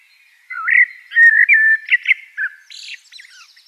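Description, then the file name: Eurasian blackbird singing rich, liquid whistled notes in a rolling phrase, finishing with squeaky, high-pitched chattering twitters. "Turdus merula"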